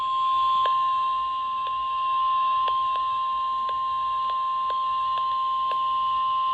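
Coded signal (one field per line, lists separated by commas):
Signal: Emergency Alert System (SAME) tones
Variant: 1050 Hz attention tone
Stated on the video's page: Marine alerts, a severe thunderstorm warning and a weekly test.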